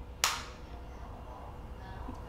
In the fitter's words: you'll hear a second click here pretty soon there's that second click